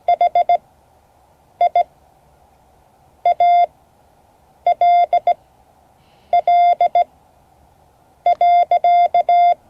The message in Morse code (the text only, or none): HI ALL.